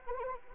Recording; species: mosquito wingbeat signal from an infrared sensor; Anopheles arabiensis